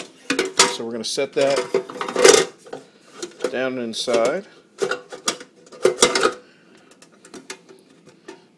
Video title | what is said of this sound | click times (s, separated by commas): My $10 bread machine | there that's clicked in place | 7.5 s